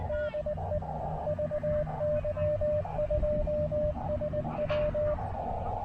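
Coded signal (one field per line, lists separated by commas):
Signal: Morse code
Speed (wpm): 19 wpm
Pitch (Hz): 600 Hz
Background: radio noise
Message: DE VY2SW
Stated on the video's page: CW from a POTA park activation using an Elecraft KX2 with an AX1 antenna.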